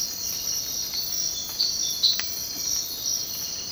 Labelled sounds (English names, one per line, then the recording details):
none
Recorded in dense forest near Puerto Asís, Putumayo, Colombia, on 24 March 2025 at 05:30
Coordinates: 0.500, -76.322
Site GP06